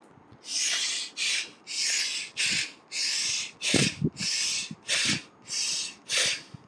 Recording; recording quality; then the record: shallow breathing; excellent, no background noise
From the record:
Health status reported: healthy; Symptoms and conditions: hypertension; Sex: male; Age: 52 years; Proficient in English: yes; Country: India